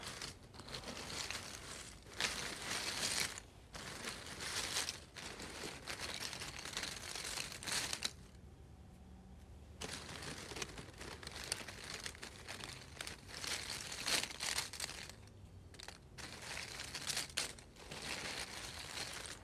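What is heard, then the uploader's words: Small cardboard pieces shuffle and scrape in a busy, rustling stream of dry scratchy sound, with frequent short bursts and brief gaps. Around 8 to 10 seconds the handling drops to a quiet lull before the brisk rustling resumes and continues to the end. ASMR Shuffling Small Cardboard Pieces.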